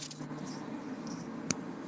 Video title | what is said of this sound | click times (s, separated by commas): Stunthangar Video Hangout - Monday, 7/1/2019 | can hear that little ball go in place let's see oh yeah | 1.5 s